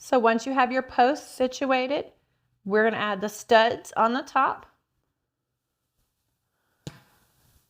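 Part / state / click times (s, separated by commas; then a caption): snap stud onto snap post through fabric / seated / 6.9 s. Someone talks, then, after a pause, a metal snap stud is pressed onto its snap post through the fabric of a sewing project. It snaps into place with a single sharp click at 6.9 s, followed by faint handling noise.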